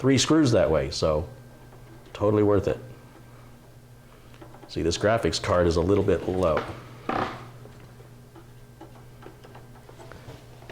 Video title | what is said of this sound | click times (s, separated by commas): Upgrade and Cloning Hard Disk Drive with Customer - LIVE | didn't feel like it went in it I didn't feel or hear a click or anything so I'm not quite sure | none